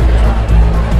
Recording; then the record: background sound without coughing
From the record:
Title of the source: Party Noise 1 Hour Party Ambience